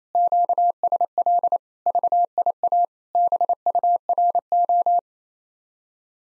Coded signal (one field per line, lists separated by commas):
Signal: Morse code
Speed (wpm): 34 wpm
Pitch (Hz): 700 Hz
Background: none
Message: QSL VIA BURO